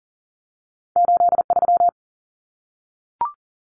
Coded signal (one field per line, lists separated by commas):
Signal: Morse code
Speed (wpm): 40 wpm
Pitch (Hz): 700 Hz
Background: none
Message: 83